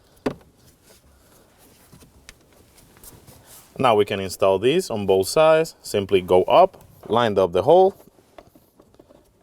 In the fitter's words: Push it in place until it clicks.